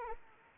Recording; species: mosquito wingbeat signal from an infrared sensor; Anopheles arabiensis